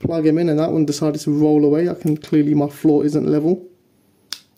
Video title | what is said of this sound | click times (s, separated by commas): A USB-C Port AA and AAA Rechargeable Battery Cells - The Future Of Rechargeable Batteries! | And you hear a click. | 4.3 s